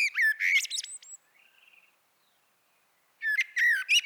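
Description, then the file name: Common blackbird: a fluted whistle with a shrill twittering ending, a soft faint trailing note, then a new phrase that starts with whistles and high chirps. "Turdus merula"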